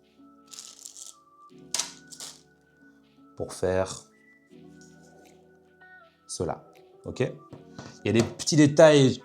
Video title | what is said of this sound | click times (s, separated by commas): "bigosur" : La fin des téléphones volés, tombés, perdus. Démo complète du prototype final. | tout ça vient se clipser comme ceci | 1.8 s